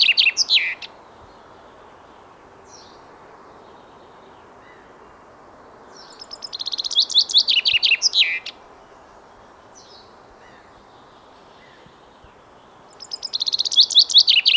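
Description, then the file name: Common chaffinch song: a cascading run of rattling trills ending in a short flourish, about two and a half seconds long, heard once in full and again cut off at the end, after a clipped opening phrase, over steady low background noise. "Fringilla coelebs"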